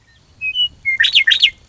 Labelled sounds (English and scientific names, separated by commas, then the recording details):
Western Meadowlark (Sturnella neglecta)
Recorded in Sonoma County, California